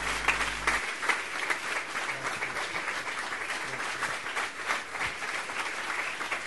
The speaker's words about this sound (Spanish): que bueno, esta es la última reunión que está con nosotros acá en el campamento. Él ya se tiene que ir para Buenos Aires, pero bueno, lo queremos recibir con un fuerte aplauso, con mucho cariño.